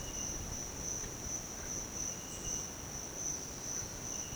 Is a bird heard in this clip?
no